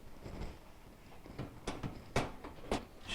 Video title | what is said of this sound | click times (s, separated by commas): KitchenAid Oven Repair - No Heat After Self Clean - Thermal Fuse - Diagnostics & Troubleshooting | feel it kind of lock into place | 2.2 s